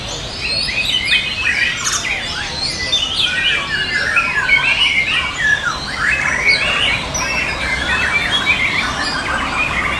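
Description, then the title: Bird chatter with sharp chirps and sweeping whistled notes, crowded and continuous throughout, with faint low hum. "SuaraBurung Kicau"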